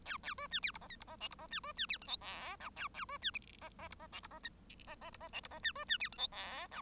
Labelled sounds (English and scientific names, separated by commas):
Bengalese Finch (Lonchura striata domestica) song